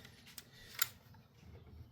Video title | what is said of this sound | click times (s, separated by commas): 13 COROLLA SPARK PLUG REPLACEMENT | and then plug in your connector definitely you should make sure it clicks just like so | 0.8 s